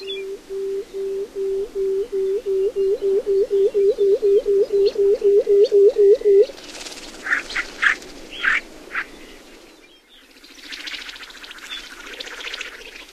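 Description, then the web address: Pectoral sandpiper giving a long, even run of low hollow hoots, about four per second for six seconds, then a few harsher rasping calls and faint background noise. "Songs of Birds of North America. Pectoral Sandpiper"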